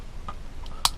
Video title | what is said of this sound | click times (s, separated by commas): LEATHERMAN KICK | and these do not locked back but you can hear that snap | 0.8 s